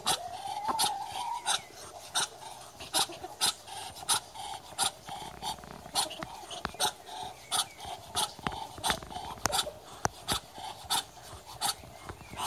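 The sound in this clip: Muscovy duck giving rasping, breathy puffs repeated irregularly, roughly one or two each second, with a brief faint tonal note near the start.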